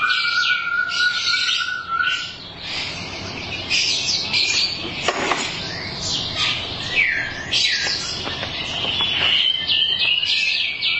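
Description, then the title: Thrush song opening with a steady mid-pitched whistle for two seconds, then shifting into a fast, varied stream of high warbles and slurred notes. "burung anis"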